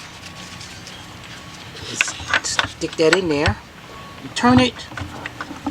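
Someone talks while a metal two-peg timing/camshaft locking tool is stuck into the camshaft/VVT area of a Ford EcoSport, Fiesta or Focus engine during timing belt and oil pump replacement, ready to be turned until it locks. Sharp metallic knocks land at about 2.0, 2.3 and 2.6 seconds, with lighter taps near 5.3 to 5.8 seconds. Nothing has seated or locked into place yet.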